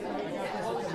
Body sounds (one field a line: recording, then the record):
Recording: coughing mixed with background sound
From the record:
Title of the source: choking, hacking coughing